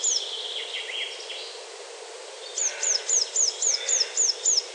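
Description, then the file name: Eurasian blue tit calling: a lone thin high note, a few soft notes, then a quick run of eight sharp, downslurred high notes, about four per second. "Cyanistes caeruleus"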